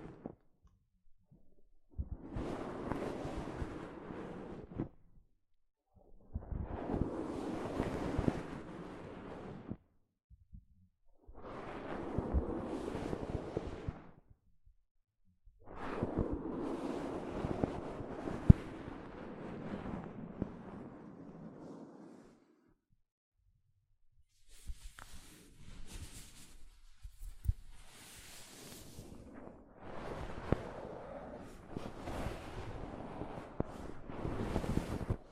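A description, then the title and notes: Soft fabric brushes across a microphone in separate swishing passes, each lasting two to five seconds with short silences between. The rubbing is a muffled, rushing texture with a low thump at the start of strokes. Later passes sound brighter and airier, with occasional sharp scrapes. ASMR Mic Brushing using Soft Fabric (No Talking).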